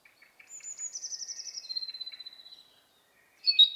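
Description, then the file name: European robin song: a high stuttering trill sliding into a long thin whistle, then a short loud bright note after a pause. "Erithacus rubecula"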